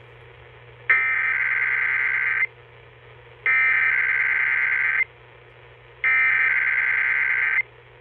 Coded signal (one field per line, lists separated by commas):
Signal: Emergency Alert System (SAME) tones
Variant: header bursts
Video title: EAS 2801-2803: KDKA EAS Test + Usual Relays & Shenanigans